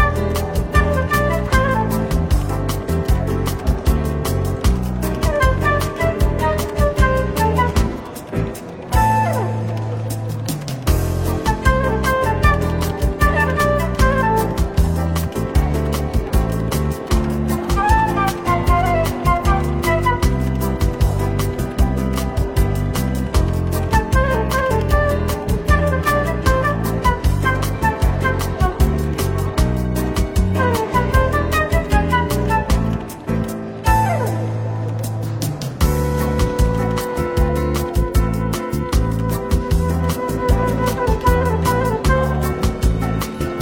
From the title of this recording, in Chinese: 伦敦书店咖啡馆轻微喧闹氛围与柔和轻松的爵士背景音乐